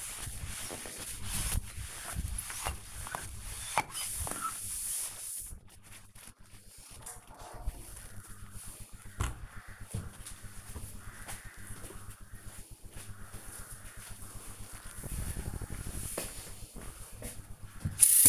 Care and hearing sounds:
household activities, microphone on the right wrist
0.00-11.05 s: window cleaning
17.07-18.29 s: washing dishes

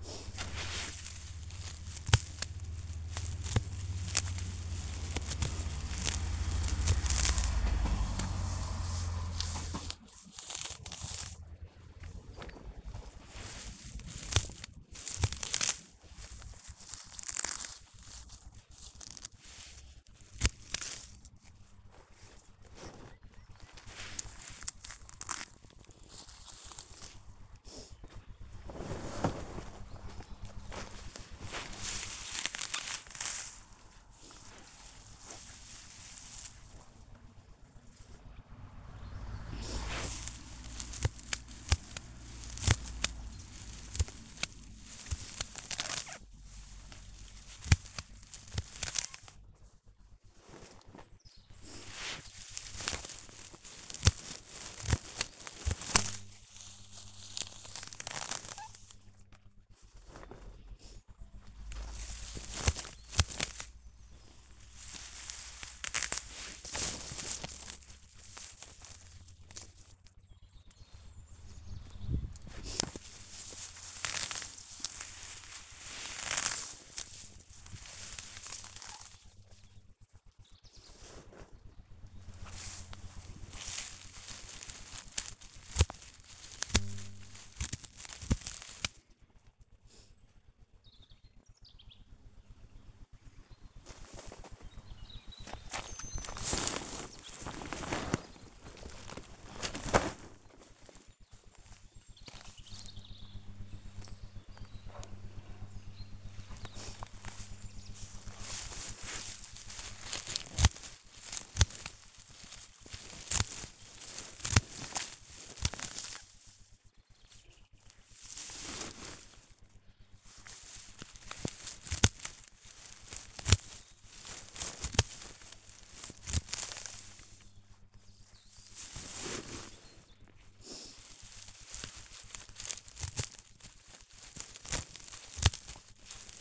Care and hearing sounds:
household activities, microphone on the right wrist
0.00-136.41 s: cutting plants (near water)

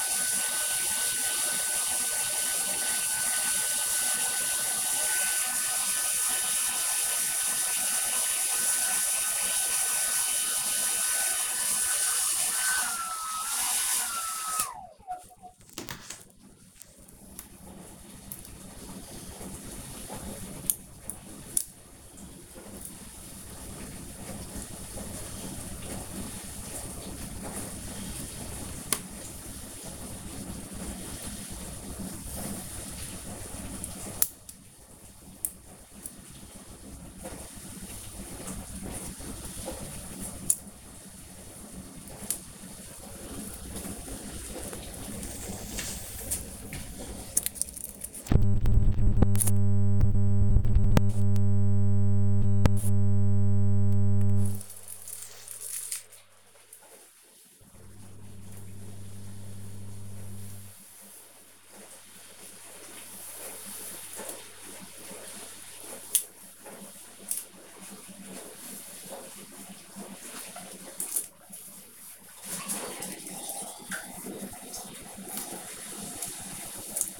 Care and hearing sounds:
household activities, microphone on the right wrist
0.00-77.20 s: kitchen
9.16-77.20 s: removing protective film from cupboard (using hairdryer)

